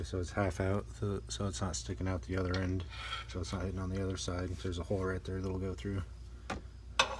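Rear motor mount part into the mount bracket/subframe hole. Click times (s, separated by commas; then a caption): 7.0 s. During an aftermarket rear motor mount install on a 10th gen Civic Si, a half-inserted motor mount part is worked through a hole in the mount bracket/subframe while someone talks. A faint tick comes at 6.5 s, then a sharp pop at 7.0 s as the part seats into place.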